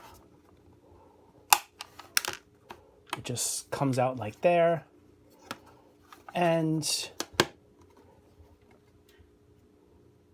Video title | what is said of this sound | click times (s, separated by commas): Playmobil 70318 Ghostbusters Play Box Review | so there's your look you saw the doors closed you heard the snap | 7.4 s